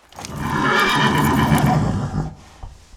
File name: horse whinny